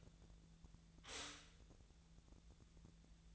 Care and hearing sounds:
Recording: daily activity, microphone in the room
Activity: stop toaster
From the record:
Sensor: 3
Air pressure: 1000.3 hPa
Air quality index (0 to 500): 156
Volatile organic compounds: 3 ppm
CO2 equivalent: 1380 ppm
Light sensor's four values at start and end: 37/93/39/42 and 37/93/39/42

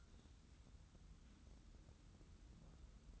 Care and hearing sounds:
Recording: daily activity, microphone in the room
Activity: take from stove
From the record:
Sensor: 3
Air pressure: 994.4 hPa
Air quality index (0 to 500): 212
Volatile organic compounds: 1000 ppm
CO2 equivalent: 7096 ppm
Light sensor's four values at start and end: 200/481/203/201 and 200/481/203/201

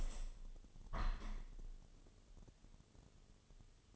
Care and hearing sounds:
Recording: daily activity, microphone in the room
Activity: open window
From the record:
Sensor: 4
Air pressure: 1015.8 hPa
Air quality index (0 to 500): 102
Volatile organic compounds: 2 ppm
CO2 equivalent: 1135 ppm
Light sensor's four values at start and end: 9/20/8/7 and 9/20/8/7

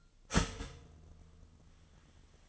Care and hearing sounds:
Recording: daily activity, microphone in the room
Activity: start toaster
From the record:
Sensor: 4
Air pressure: 1010.1 hPa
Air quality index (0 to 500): 182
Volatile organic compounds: 6 ppm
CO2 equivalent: 1836 ppm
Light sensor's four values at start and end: 23/69/27/27 and 23/69/27/27

